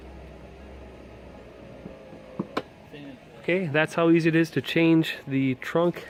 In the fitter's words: hear a click and it'll suck itself down okay